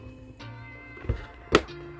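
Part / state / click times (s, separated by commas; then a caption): plastic storage case joined to another storage case / seated / 1.6 s. Two plastic toy storage cases are pressed back to back so the prongs on one go into the holes on the other, with steady tonal music in the background. A softer thump comes at about 1.1 s, then a sharp, bright click at 1.6 s as the cases snap together and seat as one.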